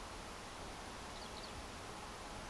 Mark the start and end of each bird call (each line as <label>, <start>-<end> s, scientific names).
Alauda arvensis, 1.15-1.51 s